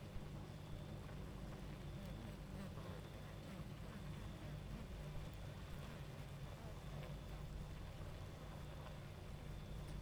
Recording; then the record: honeybee colony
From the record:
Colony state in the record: active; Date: 28 July 2017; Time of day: 23:11